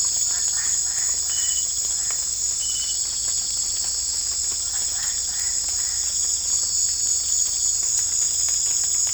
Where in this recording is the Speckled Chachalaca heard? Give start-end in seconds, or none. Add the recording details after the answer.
0.12-2.67, 4.72-5.99. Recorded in pastures near Puerto Asís, Putumayo, Colombia, on 22 December 2024 at 18:30. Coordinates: 0.496, -76.326. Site G004